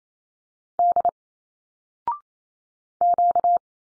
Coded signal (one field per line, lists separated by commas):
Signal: Morse code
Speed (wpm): 28 wpm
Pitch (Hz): 700 Hz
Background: none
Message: D Q